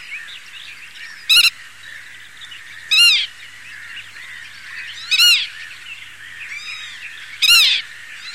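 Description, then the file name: Black-tailed godwit song: four loud, harmonic, wavering notes spaced about two seconds apart over a constant background chorus of other birds. "PITTIMA"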